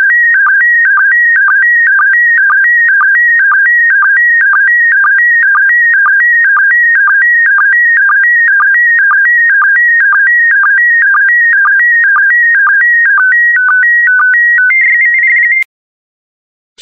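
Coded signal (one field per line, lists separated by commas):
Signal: SSTV (slow-scan television)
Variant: PD120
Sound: steady warbling tone stepping between pitches, with short low chirps twice a second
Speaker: Get ready. Starting transmission in 5, 4, 3, 2, 1. Transmission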